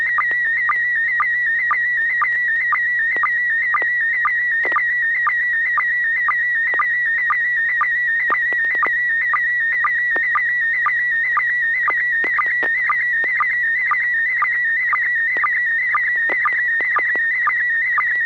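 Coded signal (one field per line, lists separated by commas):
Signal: SSTV (slow-scan television)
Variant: PD120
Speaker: Okay, well, this is going to be PD 120. N6PGQ,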